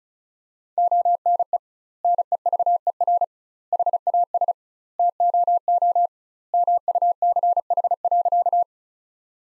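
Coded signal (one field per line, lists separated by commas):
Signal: Morse code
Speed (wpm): 36 wpm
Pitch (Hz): 700 Hz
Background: none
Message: ONE NEVER HAS TOO MUCH.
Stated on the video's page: Morse practice sentences built from the top 300 words at 35 wpm, with twice the standard word spacing.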